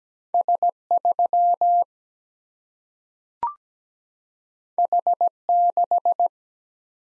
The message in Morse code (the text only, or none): S 3 H 6